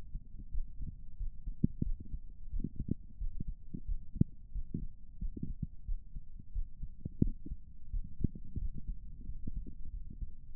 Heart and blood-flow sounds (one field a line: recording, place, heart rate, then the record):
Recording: heart sounds by stethoscope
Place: pulmonary valve (PV)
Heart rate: 91 bpm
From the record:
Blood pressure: 138/79 mmHg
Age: 33 years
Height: 165 cm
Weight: 68 kg